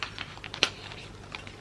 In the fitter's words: porte-brosse à dents en fait en fait je vais vous montrer vous le clipser ici